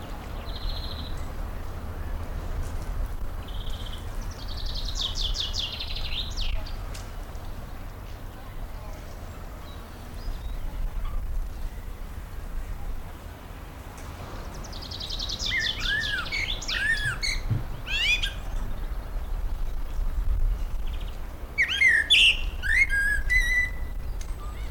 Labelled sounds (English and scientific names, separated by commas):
Common Chaffinch (Fringilla coelebs)